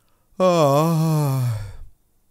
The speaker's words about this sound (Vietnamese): Tư há miệng ngáp dài, ngập đến chảy cả nước mắt.